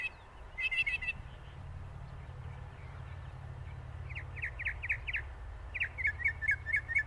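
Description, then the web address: Northern mockingbird: a short buzzy trill, then a run of repeated sharp downslurred notes, then rapidly repeated chirps, with a low hum throughout. "Northern Mockingbird Sounds Calls. northern mockingbird the mimic maestro of the bird world"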